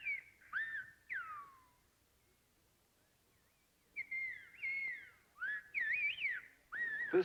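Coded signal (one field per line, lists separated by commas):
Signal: whistled language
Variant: Silbo Gomero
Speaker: So long ago, ang mga gomera nakagawa ng pambihirang anyo ng pagsasalita sa telepono, pagsipol, na maaaring maunawaan sa layong tatlong milya. Ibig mong sabihin sila sipol sa Espanyol? Sa isang paraan. Ang mga katinig at patinig ay ganap na kinakatawan sa pamamagitan ng mga pagkakaiba sa pitch. Sumipol na wika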